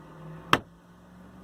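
A watch case back cover is pressed onto the case of a car watch after a battery change, giving one loud, sharp, broadband hit at 0.5 s against a quiet, steady low hum. The cover snaps on and is seated, and the watch's second hand is moving again.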